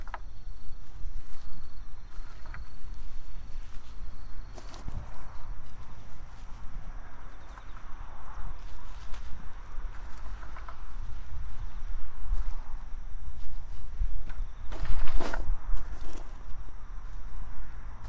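Garlic cloves are planted one by one into holes and covered with soil, giving short scraping and scuffing sounds every second or two, with sharper thumps near 5 and 15 seconds. Insects and birds call throughout, over a steady low traffic rumble.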